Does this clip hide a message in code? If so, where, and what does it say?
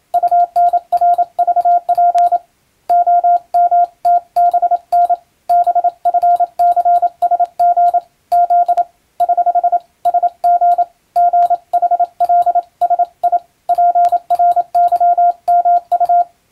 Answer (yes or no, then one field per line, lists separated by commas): yes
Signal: Morse code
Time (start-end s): 0.1-16.2 s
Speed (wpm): 27 wpm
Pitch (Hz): 700 Hz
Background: radio noise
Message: UNRVP OMTBN BFCSG Z <HH> SG GHLSI PRYMU